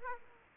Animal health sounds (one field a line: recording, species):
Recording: mosquito wingbeat signal from an infrared sensor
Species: Aedes aegypti